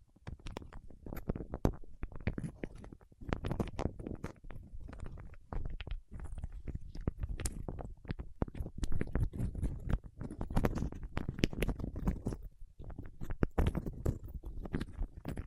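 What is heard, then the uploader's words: Fingertips work over wax in a dense, continuous run of quick sticky taps and squishy rubs, mostly low and muffled with occasional sharper clicks. ASMR with Wax Fingertips for Sleep (No Talking).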